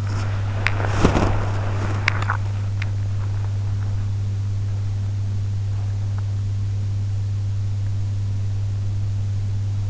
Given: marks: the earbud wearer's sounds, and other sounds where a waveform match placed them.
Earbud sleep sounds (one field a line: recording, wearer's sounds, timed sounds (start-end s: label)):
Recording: sounds in sleep by an in-ear microphone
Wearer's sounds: body movement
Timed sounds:
0.00-3.99 s: body movement